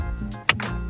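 The driver airbag/horn pad of an MK6 Golf is pressed back into the steering wheel, pushed again to seat its left retaining clip into the wheel slot after it was unclear whether that clip had clicked. Over a steady low hum, a soft push at 0.3 s is followed by one sharp, loud snap at 0.5 s and a fainter tick at 0.6 s. The airbag module clip seats home.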